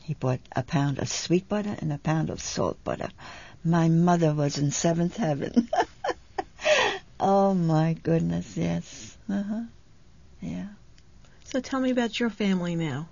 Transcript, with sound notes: He bought a pound of sweet butter and a pound of salt butter. My mother was in seventh heaven. ( she laughs ) Oh, my goodness, yes.
So tell me about your family now.